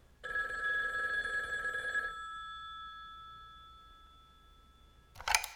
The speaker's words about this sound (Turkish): Bu namussuz telefon önemli bir söz edeceğim zaman hemen başlar böyle.